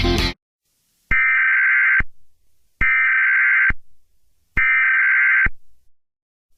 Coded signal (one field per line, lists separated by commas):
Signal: Emergency Alert System (SAME) tones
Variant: header bursts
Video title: EAS scenario 4: whitty’s explosion part 2